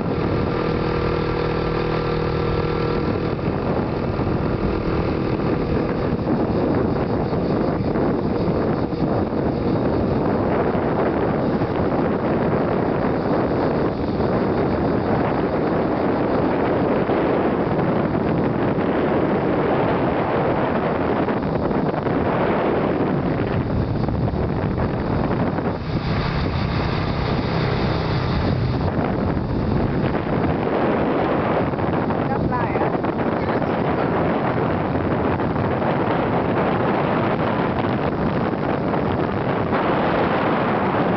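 A motorbike ride around Monkey Mountain, Da Nang, Vietnam: a dense, steady engine roar runs the whole time with heavy wind buffeting over it. The engine note rises and falls slightly, with a brief tonal hum near the start and again around 26 seconds.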